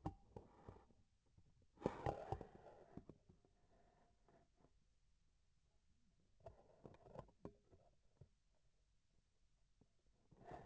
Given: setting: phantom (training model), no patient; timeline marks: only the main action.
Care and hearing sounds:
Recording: laparoscopic instrument, vibration sensor on the handle end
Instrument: scissors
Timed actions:
0.00-0.31 s: cutting thread
From the record:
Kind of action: gesture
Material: cotton thread

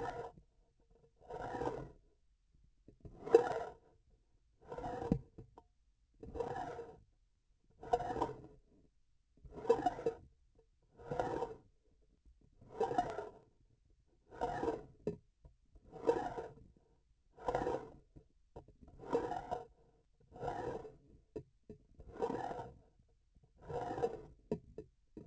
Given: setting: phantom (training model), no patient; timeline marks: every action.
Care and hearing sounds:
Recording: laparoscopic instrument, vibration sensor on the handle end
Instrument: grasping forceps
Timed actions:
0.00-0.35 s: retracting movement
1.23-1.98 s: approaching movement
3.18-3.74 s: retracting movement
4.56-5.21 s: approaching movement
6.16-7.02 s: retracting movement
7.78-8.43 s: approaching movement
9.49-10.22 s: retracting movement
10.90-11.67 s: approaching movement
12.64-13.37 s: retracting movement
14.34-14.87 s: approaching movement
15.90-16.61 s: retracting movement
17.31-18.03 s: approaching movement
18.97-19.68 s: retracting movement
20.27-20.96 s: approaching movement
22.04-22.70 s: retracting movement
23.55-24.37 s: approaching movement
From the record:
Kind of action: spatial motion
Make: Olympus

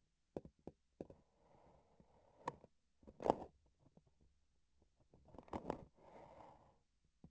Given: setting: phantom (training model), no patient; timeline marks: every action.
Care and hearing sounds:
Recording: laparoscopic instrument, vibration sensor on the handle end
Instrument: grasping forceps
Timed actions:
2.34-2.71 s: grasping tissue
5.24-5.85 s: releasing tissue
From the record:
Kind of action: gesture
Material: synthetic tissue

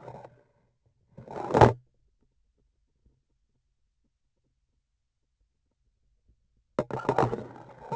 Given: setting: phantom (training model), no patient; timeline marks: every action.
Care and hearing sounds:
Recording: laparoscopic instrument, vibration sensor on the handle end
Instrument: grasping forceps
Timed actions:
0.00-0.31 s: insertion through the trocar
1.02-1.89 s: removal through the trocar
6.75-7.96 s: insertion through the trocar
From the record:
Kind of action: spatial motion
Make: other than Olympus

